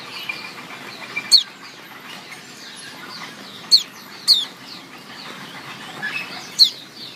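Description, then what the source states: White-eye calls, several thin, sharp downward chirps at uneven intervals, with soft rustling and hiss behind them. Female.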